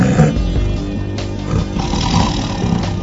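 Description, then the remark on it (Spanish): A tiger roars at a circus in a deep, rumbling growl that holds steady for about three seconds, thick with low harmonic tones and a raspy edge, with no voices over it. “Unos pinches tigres con una hueva.”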